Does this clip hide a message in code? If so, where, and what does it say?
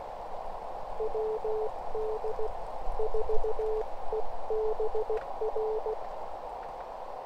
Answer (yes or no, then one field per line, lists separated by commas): yes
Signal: Morse code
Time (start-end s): 1.0-5.9 s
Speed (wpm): 16 wpm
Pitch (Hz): 440 Hz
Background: none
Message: WD4EBR